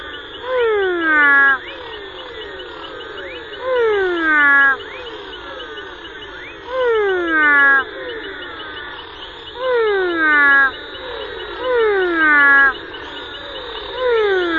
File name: Pleurodema fuscomaculatum